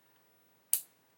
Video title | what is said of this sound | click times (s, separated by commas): Hachette Avro Lancaster B.III Dambuster Pack 88. | There we go. You'll feel it click in when it's right. | 0.7 s